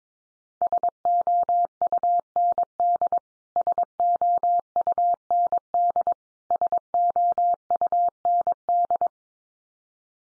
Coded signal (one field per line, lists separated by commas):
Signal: Morse code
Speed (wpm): 22 wpm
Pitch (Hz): 700 Hz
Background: none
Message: SOUND SOUND SOUND